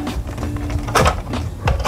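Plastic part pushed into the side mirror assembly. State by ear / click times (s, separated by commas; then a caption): not seated / none. A plastic part is handled and pushed into a Toyota Innova, Fortuner or Hilux side mirror assembly while the mirror is reassembled during a conversion from manual fold to auto fold. Soft scraping and handling noises are heard, with brief louder rustling bursts around 1.0 s and 1.7 s. Nothing has seated or clicked yet.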